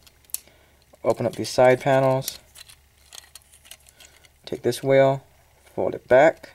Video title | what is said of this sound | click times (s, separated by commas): Human Alliance Jazz Review | move it back you'll hear that click | 0.3 s